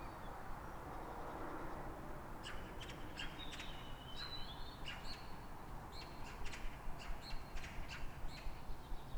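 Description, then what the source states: Small birds give a lively run of quick high chirps and short whistled notes from about two seconds on, set against a continuous traffic hum. Calm morning, 3 May, Fresnes, Île-de-France, France; background noise from the ring road.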